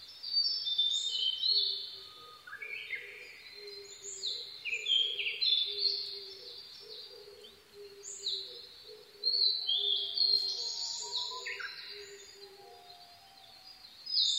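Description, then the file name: Blue-and-white flycatcher song of rapid whistled and buzzy high phrases in uneven bursts, with a steady series of low repeated notes. 22 May 2011 at 04:34. "ooruri 20110522-0434"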